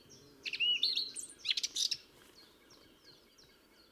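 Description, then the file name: Eurasian blackcap giving a short burst of loud, rich warbling notes, followed by soft, faint chirps fading out. "Sylvia atricapilla"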